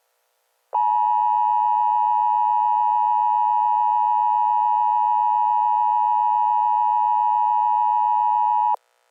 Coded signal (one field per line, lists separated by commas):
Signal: Emergency Alert System (SAME) tones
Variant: 853 and 960 Hz attention tone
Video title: EAS Scenario: Sentient Appliances